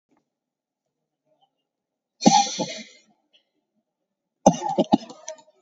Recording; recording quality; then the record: shallow voluntary cough; moderate, slight background noise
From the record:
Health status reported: COVID-19 positive, moderate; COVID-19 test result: positive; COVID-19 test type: RT-PCR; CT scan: taken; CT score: 13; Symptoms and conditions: cough, cold, breathing difficulty, sore throat, fatigue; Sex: male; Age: 48 years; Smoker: no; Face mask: worn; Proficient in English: yes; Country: India